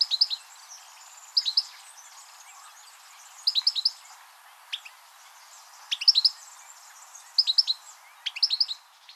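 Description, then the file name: European goldfinch call notes, short clusters of two to four sharp, tinkling high notes repeated irregularly, with a few thin single chips scattered between them. "Carduelis carduelis"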